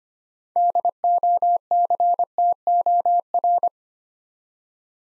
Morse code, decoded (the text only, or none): DOCTOR